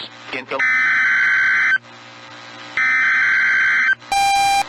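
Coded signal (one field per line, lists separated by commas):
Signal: Emergency Alert System (SAME) tones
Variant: header bursts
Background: speech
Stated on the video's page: Blizzard and snow squall warnings heard on NOAA Weather Radio.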